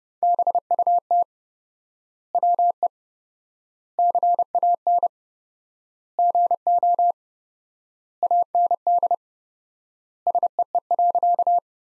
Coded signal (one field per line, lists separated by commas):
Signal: Morse code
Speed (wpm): 30 wpm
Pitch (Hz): 700 Hz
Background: none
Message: BUT WE CAN GO AND SEE.